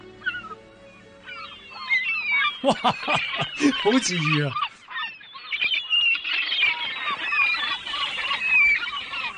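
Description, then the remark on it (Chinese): A flock of seagulls calls over and over, a dense chorus of high, squawking cries that overlap and keep going, while a person briefly speaks over the birds. “哇，好多海鸥啊！”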